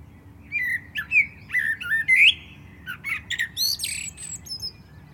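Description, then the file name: Common blackbird with a continuous warbling phrase of fluty whistles mixed with sharp, high squeaky notes. "Turdus merula"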